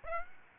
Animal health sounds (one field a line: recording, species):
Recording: mosquito wingbeat signal from an infrared sensor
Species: Aedes aegypti